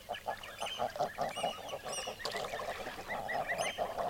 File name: common eider